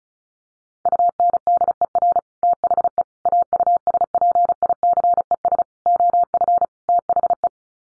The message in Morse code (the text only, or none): UNDER THE AUSPICES OF THE